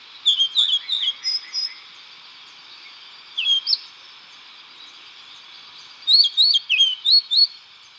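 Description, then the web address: Orange-bellied euphonia giving quick clusters of high, slurred chipping notes, a burst at the start, a short pair midway, and a rapid run near the end. Recorded in Ecuador. "Birds of Ecuador. Orange-bellied Euphonia"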